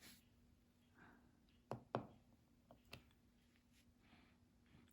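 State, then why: Seated. Square resin diamond drills are pressed one at a time onto the adhesive canvas grid of a diamond painting, right next to each other. Small, sharp snapping clicks are heard at 1.7, 2.0 and 2.9 seconds as the drills press up against their neighbors and seat into place.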